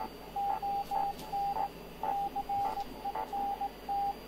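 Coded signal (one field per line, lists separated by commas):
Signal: Morse code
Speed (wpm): 18 wpm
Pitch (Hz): 800 Hz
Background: radio noise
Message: ON CENT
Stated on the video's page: Special Morse broadcast by German maritime weather station on longwave 147.3 kHz, 20 kW transmitter, Titanic memorial, normally RTTY weather teletype.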